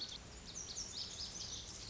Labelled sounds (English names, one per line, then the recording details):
Lazuli Bunting
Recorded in Sonoma County, California